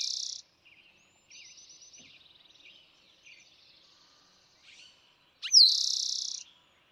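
Eastern towhee: the tail of one trill at the start, quiet twittering and trills of other birds, then a full song, a slurred whistle and buzzy trill, near the end.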